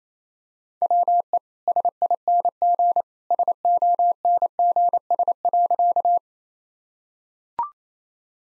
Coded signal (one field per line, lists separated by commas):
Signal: Morse code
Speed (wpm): 28 wpm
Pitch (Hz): 700 Hz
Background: none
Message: WE SING SONGS.